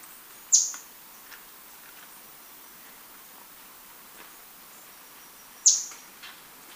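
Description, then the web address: Flavescent flycatcher calls: two crisp, high, downslurred notes about five seconds apart, over quiet background hiss. Recorded in Ecuador. "Birds of Ecuador Flavescent Flycatcher"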